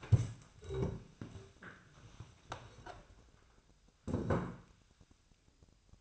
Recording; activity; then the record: daily activity, microphone in the room; stand up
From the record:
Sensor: 2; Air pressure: 1000.3 hPa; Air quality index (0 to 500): 166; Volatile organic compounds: 3 ppm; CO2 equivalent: 1380 ppm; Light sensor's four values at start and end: 9/20/9/9 and 10/20/9/10